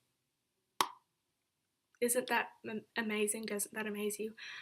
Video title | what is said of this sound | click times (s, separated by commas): MAC Cinderella Collection Reveiw | it has this little clicky button that like opens it I'll just show you it's magical | 0.8 s